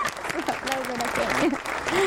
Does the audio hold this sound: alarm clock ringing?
no